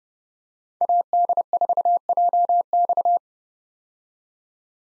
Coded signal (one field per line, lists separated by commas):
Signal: Morse code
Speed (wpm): 30 wpm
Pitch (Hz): 700 Hz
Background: none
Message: AD4JX